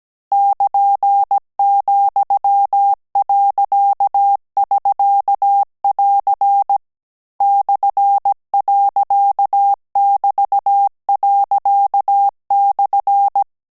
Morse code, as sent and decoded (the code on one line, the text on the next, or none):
-.--. --..-- .-.-.- ...-.- .-.-. / -..-. .-.-.- -...- .-.-.- -..-.
<KN>,.<SK><AR> /.<BT>./